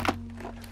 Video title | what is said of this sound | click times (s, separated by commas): I Bought The WII Midi Guitar... | there we go locked into place | 0.1 s